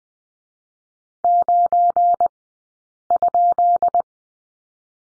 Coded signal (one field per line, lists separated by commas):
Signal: Morse code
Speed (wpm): 20 wpm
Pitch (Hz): 700 Hz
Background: none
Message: 9?